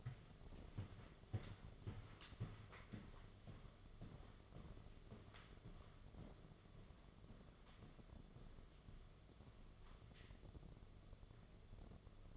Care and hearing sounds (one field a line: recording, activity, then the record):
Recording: daily activity, microphone in the room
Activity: walk to room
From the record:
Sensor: 4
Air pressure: 1011.2 hPa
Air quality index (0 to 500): 134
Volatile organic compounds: 3 ppm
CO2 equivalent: 1369 ppm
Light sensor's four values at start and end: 190/492/211/218 and 210/544/233/243